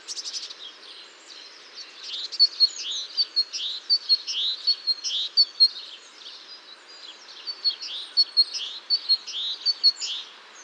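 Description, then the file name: Great tit calls: a busy run of short, high chirps and chattering notes, coming in quick bursts, strongest from about two to six seconds and again near the end. "Parus major"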